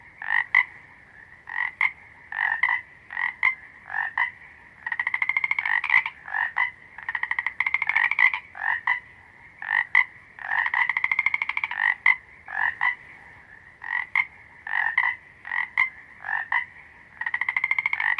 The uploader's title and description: Croaking Frogs Sound. The steady croaking of a frog chorus